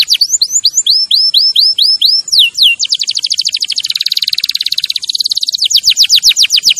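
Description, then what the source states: Canary singing a string of clear hooked whistles, then a long fast rolling trill and sweeping descending notes. Champion canary song used as a master recording for training other birds.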